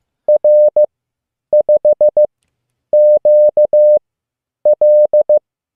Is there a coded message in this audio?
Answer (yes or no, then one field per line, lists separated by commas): yes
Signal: Morse code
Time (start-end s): 0.3-5.4 s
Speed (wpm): 15 wpm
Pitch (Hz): 600 Hz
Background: none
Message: R5QL